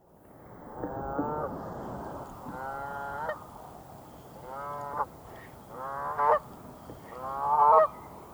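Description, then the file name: Canada goose honking: several bursts of harsh, nasal honks at irregular intervals, with soft background noise. Greenland. "canda goose"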